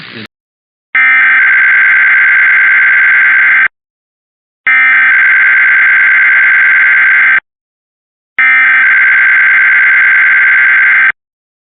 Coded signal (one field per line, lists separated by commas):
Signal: Emergency Alert System (SAME) tones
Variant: header bursts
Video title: Sacramento Required Monthly Test (EAS #977-984) 3/3/25